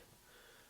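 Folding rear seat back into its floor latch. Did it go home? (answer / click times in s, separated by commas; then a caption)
no / none. A folded-down rear seat back in the cargo area of a 2013 Toyota Highlander SUV is pushed into its floor latch, and it fails to lock. Only a faint, steady breathy hiss is heard over the 0.8 seconds, with no sharp transient. Nothing has seated or clicked yet.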